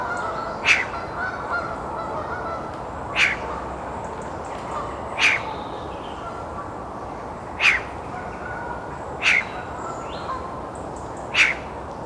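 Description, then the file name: Eurasian magpie giving single harsh rasping calls, repeated every two seconds or so over steady background noise. "Pica pica"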